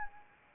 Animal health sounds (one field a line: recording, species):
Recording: mosquito wingbeat signal from an infrared sensor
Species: Anopheles arabiensis